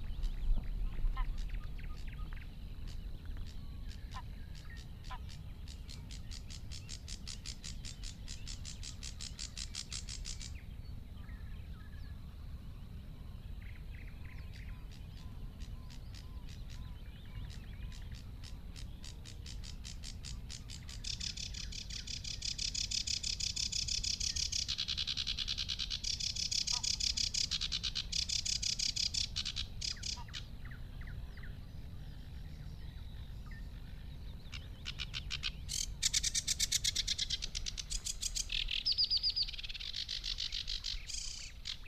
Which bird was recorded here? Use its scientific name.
Acrocephalus schoenobaenus